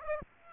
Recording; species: mosquito wingbeat signal from an infrared sensor; Aedes aegypti